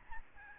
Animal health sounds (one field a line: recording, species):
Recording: mosquito wingbeat signal from an infrared sensor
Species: Aedes albopictus